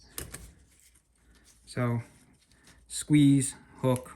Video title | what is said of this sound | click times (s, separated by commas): Ford C6 Rebuild, Pt 1: Overview and Sub Assemblies (Read Description) | overlap it and then it'll snap right into place | 0.2 s